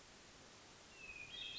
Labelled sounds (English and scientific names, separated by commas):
Hermit Thrush (Catharus guttatus)